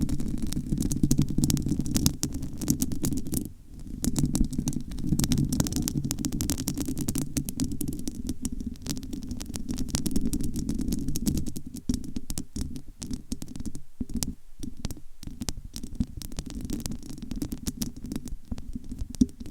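Dense, continuous scratching and rubbing with a heavy low rumble, crackling textures flickering throughout, and brief near-silent gaps around 3.5 and 14–15 seconds.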